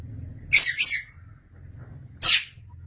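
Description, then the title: Oriental magpie-robin giving a quick double buzzy note, then after a pause one more harsh high burst, over a low hum. Kacer song. "Suara Kicauan Burung Kacer Durasi Panjang"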